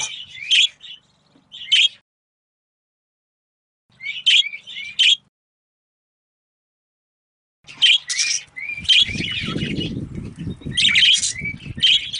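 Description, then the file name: Budgerigar producing paired harsh chirps separated by silences, then a longer run of scratchy, warbling calls over low rumbling noise. Female budgerigar. "suara parkit betina. omkicau"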